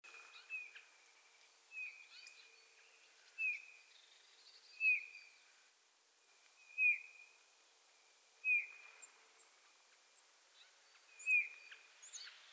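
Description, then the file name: Eurasian bullfinch repeating mellow, downslurred piping notes at intervals of one to three seconds. "Pyrrhula pyrrhula"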